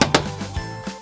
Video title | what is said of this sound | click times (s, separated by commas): Tension Shower Caddy Instructional | Now press down until it snaps. | 0.0 s, 0.2 s